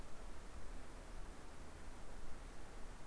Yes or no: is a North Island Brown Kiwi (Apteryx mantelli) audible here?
no